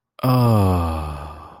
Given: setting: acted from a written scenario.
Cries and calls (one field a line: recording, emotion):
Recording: vocal sound without words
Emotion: ecstasy